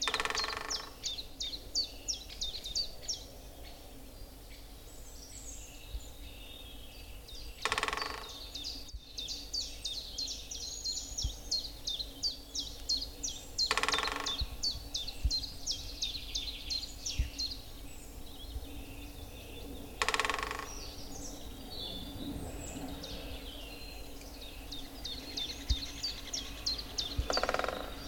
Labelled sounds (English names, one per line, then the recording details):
Great Spotted Woodpecker
Eurasian Nuthatch
Common Chiffchaff
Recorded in the wild
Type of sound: knocking, call
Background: Sitta europaea, Phylloscopus collybita
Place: Müggelsee, Berlin, DE
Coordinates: 52.43, 13.64
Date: 1990-04-29
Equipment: Uher 4400 Report Monitor, Sennheiser ME 80, K 30 AV
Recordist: Fischer, Stefan
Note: Trommeln und Rufe, daneben Kleiber und Rotkehlchen